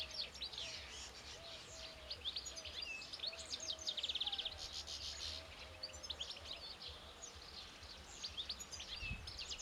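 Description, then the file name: European goldfinch twittering: quick high chirps and liquid trills throughout, with a few lower whistled notes and a low rumble beneath. "Carduelis carduelis"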